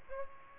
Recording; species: mosquito wingbeat signal from an infrared sensor; Aedes aegypti